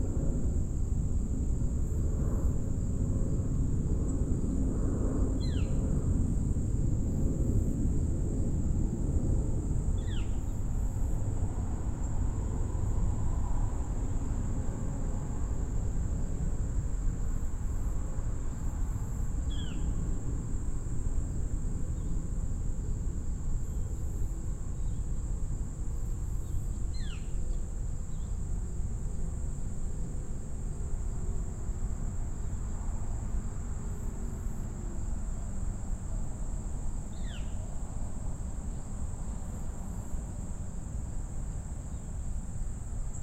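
Outdoor ambience at the Gibraltar Bay Unit of the Detroit River International Wildlife Refuge: a steady, high insect drone, likely crickets, runs throughout over a dense low rumble. Short, thin chirps break through roughly every five to ten seconds.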